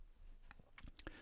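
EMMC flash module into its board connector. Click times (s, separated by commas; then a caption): 1.0 s. An eMMC flash memory module is lined up gently on its connector on a single-board computer and pressed down. A few short taps and clicks are heard, with the module snapping into place at 1.0 s. The module is seated.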